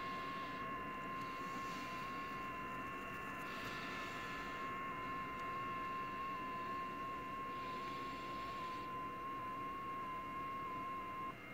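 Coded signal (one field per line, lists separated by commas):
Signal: FT8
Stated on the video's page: FT8 signal on 40m, worked from a station using an IC-7600, SPE Expert 1.3K-FA amplifier and a 40m dipole.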